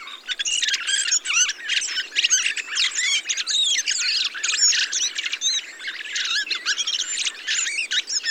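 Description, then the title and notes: Dense thrush chorus of bright whistled slurs and squeaks, rising and falling notes layered from many birds, steady throughout. Large mixed flock of mistle thrushes, song thrushes, redwings and fieldfares with some blackbirds feeding on abundant berries, watching together for sparrowhawk and goshawk; blue sky; Montagne du Puy, Drôme, France; 22 November 2020; Nagra recorder with Telinga parabola. "POT-POURRI DE GRIVES. 22 novembre 2020-Montagne du Puy - Drôme. Grives draine, musicienne, mauvis et litorne plus quelques merles"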